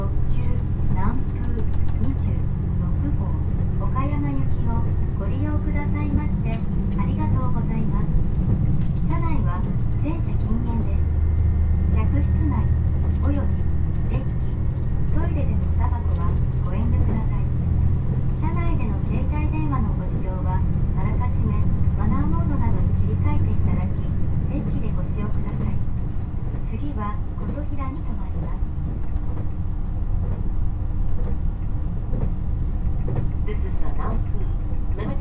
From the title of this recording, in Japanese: 土讃線特急南風26号 阿波池田→多度津